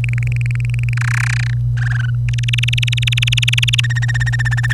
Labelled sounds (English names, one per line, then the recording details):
Domestic Canary song
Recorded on 25 April 2018 at 06:11
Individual llb3